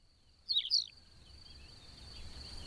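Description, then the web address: Tawny pipit song: one brief, sharp, double-noted chirp, then only a continuous high-pitched tone and faint background hiss. "agykontroll Madardalok Cd 2. Parlagi pityer"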